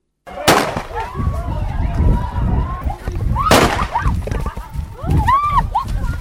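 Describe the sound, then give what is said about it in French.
Two sharp, loud gunshots crack out about three seconds apart over a crowd of agitated, shouting voices that keep clamoring throughout. The shots interrupt a meeting of landowners in the 3rd cell of the Boutelele 1 neighbourhood, held on a Saturday after community work. “De coups de feu qui a interrompu la rencontre des propriétaires des parcelles dans la localité de la 3e cellule du quartier Boutelele 1, tenue à la fin des travaux communautaires de ce samedi.”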